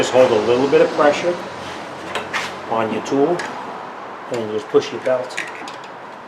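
Someone talks while holding pressure on a belt tensioner tool and pushing the serpentine rubber drive belt of a 2002-2006 Toyota Camry engine out toward its pulley, with a brief sharp sound at about 2.2 s amid light handling noises. The belt has not yet popped onto the pulley, and nothing has seated by the end of the clip.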